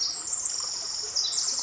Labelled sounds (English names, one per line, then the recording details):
Pacific Wren
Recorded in Sonoma County, California